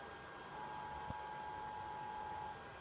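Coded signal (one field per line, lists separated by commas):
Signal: Emergency Alert System (SAME) tones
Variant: 853 and 960 Hz attention tone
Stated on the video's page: Real Flash Flood Warning from the National Weather Service for northern Marion County, Indiana, relayed through an EAS activation.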